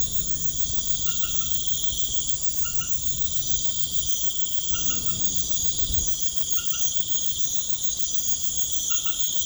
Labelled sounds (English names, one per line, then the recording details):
none
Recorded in pastures near Puerto Asís, Putumayo, Colombia, on 21 March 2025 at 20:30
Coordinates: 0.505, -76.324
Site GP08